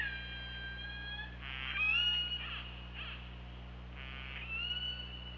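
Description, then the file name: Killer whale calls, long tonal whistles with rising glides mixed with buzzy pulsed bursts, repeated several times over a low steady hum. Recorded at OrcaLab on 24 August 2017. "Orca Lab UTLN JASON 20170824"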